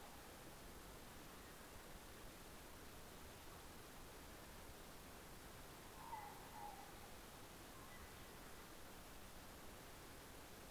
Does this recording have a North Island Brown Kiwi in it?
no